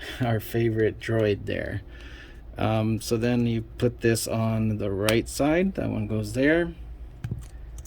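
A small plastic leg piece is fitted onto the right side of a micro-scale Star Wars Micro Galaxy Squadron Vulture Droid starfighter body. Someone talks for most of the clip, then sharp plastic clicks follow at about 7.2 s and 7.8 s as the leg piece seats into place.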